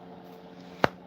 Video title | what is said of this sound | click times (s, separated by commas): Tool sharpening, chat and more! | That nice click. Just leather in there. | 0.8 s